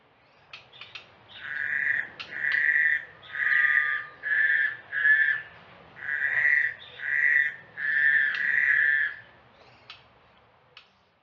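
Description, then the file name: Grey-headed bushshrike song: a series of several long whistled notes near mid pitch, with short clicks before and after. Song, 17 February 2018 at 10:48. "Malaconotus blanchoti, snawelkletter sang, 2018-2-17 10 h 48"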